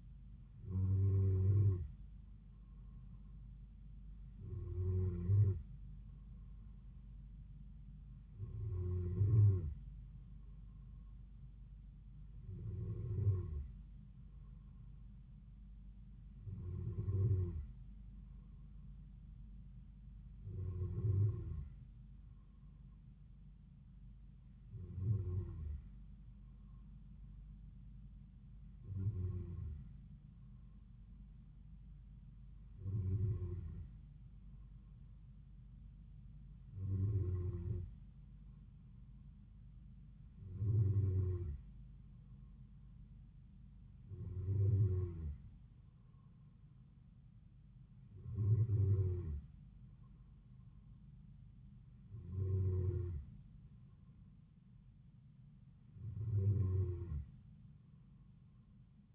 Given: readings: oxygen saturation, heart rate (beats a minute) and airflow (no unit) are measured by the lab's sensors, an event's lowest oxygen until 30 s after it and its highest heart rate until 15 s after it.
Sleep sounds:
breathing in sleep by a smartphone at the bedside; none
none scored
From the record:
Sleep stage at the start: N2 (light sleep); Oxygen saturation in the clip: 93 to 94%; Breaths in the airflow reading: 15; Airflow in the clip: -3.8 to 3.3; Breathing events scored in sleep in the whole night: 270 in 6.1 hours asleep

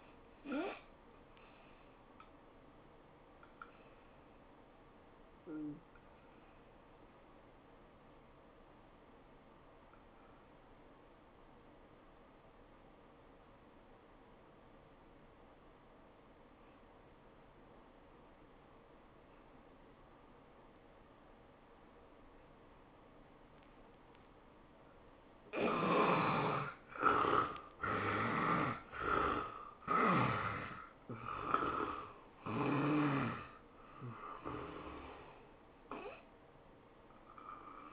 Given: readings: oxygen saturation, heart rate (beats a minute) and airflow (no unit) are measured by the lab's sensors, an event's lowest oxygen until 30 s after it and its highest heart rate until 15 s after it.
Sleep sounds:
breathing in sleep by a voice recorder at the bedside; 1
10.00-26.20 s: obstructive apnea (N1, oxygen 94% highest, then 74% lowest, heart rate 83 at the start, 104 highest)
From the record:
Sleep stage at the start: N1 (lightest sleep); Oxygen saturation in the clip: 67 to 94%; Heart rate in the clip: 80 to 104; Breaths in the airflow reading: 5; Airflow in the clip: -14.7 to 14.6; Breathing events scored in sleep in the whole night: 403 in 5.5 hours asleep

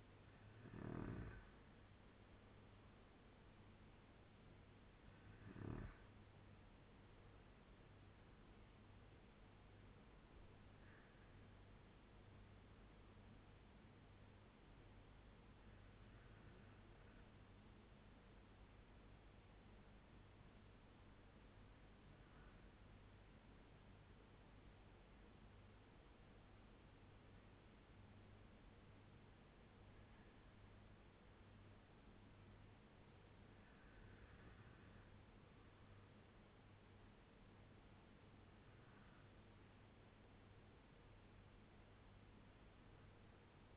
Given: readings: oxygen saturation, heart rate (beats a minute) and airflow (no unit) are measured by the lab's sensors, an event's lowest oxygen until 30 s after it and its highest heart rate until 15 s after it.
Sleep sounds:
breathing in sleep by a voice recorder at the bedside; 1
15.00-30.80 s: hypopnea (N1, oxygen 98% highest, then 94% lowest, heart rate 86 at the start, 91 highest)
From the record:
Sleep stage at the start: N1 (lightest sleep); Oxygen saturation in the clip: 95 to 98%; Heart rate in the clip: 78 to 91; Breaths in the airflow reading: 6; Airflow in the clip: -4.9 to 7.5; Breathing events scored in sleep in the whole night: 201 in 6.5 hours asleep

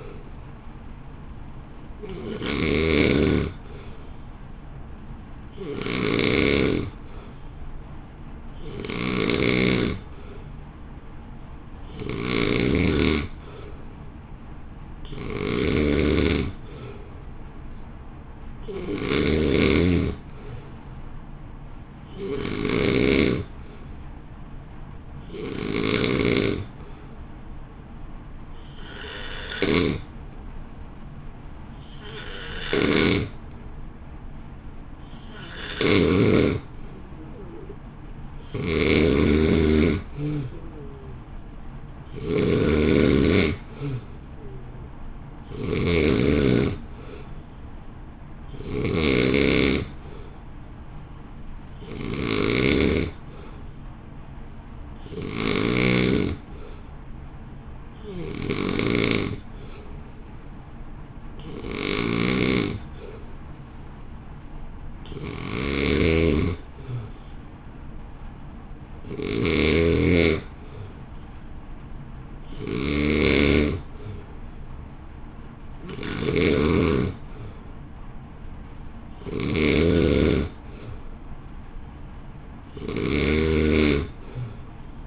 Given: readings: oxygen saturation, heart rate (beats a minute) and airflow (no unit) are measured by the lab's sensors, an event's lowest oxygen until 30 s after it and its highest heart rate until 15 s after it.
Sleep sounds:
breathing in sleep by a smartphone at the bedside; 1
7.00-36.10 s: hypopnea (N2, oxygen 91% highest, then 86% lowest, heart rate 56 at the start, 58 highest)
From the record:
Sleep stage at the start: N2 (light sleep); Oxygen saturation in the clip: 86 to 91%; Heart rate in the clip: 54 to 58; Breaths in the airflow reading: 28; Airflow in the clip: -1.6 to 1.1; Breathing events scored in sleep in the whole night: 328 in 6.3 hours asleep

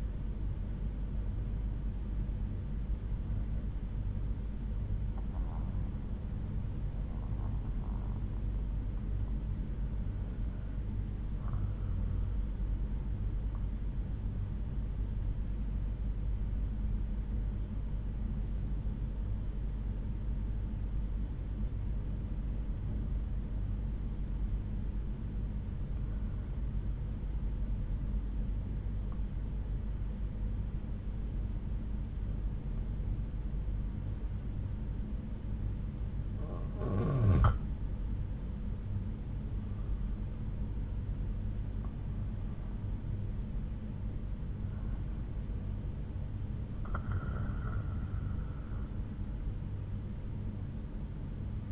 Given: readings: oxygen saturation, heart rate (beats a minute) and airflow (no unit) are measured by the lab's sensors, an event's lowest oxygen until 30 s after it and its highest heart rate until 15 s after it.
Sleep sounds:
breathing in sleep by a smartphone at the bedside; 1
6.00-36.00 s: new sleep stage, N1 (lightest sleep)
11.00-36.40 s: hypopnea (N1, oxygen 96% highest, then 91% lowest)
36.00-51.72 s: new sleep stage, N2 (light sleep)
From the record:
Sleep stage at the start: N2 (light sleep); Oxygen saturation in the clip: 90 to 96%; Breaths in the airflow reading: 7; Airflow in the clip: -8.2 to 7.0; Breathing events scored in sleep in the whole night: 368 in 8.0 hours asleep

